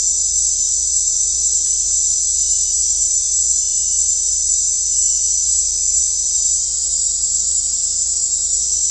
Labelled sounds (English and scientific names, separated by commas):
none